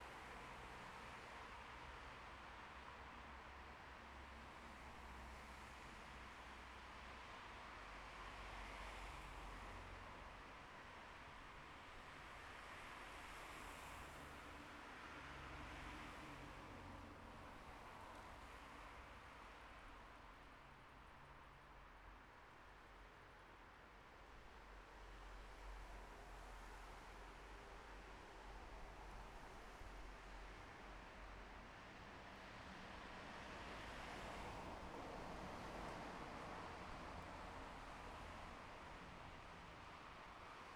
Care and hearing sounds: everyday scene through a hearing-aid microphone; in traffic; traffic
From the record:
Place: bus stop on a city main road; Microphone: behind the ear, left, front

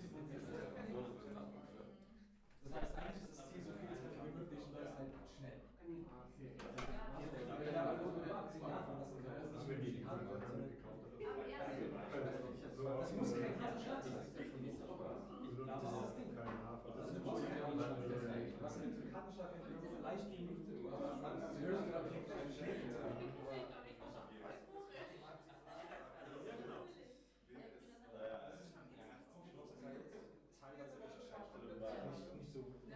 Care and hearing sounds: everyday scene through a hearing-aid microphone; many people talking; many voices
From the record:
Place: bistro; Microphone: behind the ear, right, rear

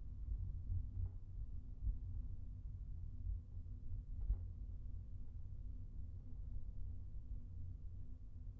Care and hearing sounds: everyday scene through a hearing-aid microphone; in a vehicle; engine, highway traffic jam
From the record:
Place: Skoda Fabia, gasoline engine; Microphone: behind the ear, right, front

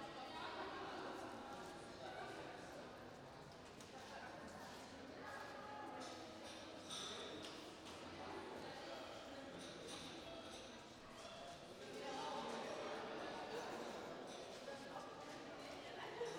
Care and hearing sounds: everyday scene through a hearing-aid microphone; reverberant space; background noise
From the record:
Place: railway station hall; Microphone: in the ear canal, right

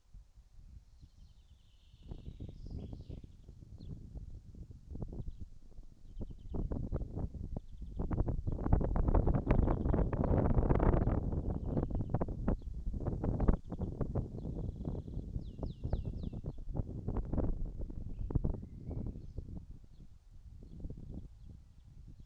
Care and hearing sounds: everyday scene through a hearing-aid microphone; wind on the microphone; wind, birds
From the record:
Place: in front of a rural house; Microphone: in the ear canal, right

